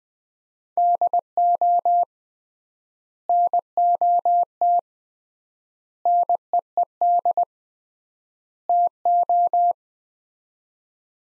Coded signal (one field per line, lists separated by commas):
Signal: Morse code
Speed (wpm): 21 wpm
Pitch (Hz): 700 Hz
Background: none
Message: DO NOT NEED TO